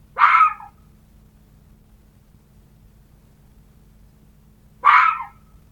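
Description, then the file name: Red fox giving two rough, scratchy barks about four and a half seconds apart, with quiet low hum between them. "Лиса"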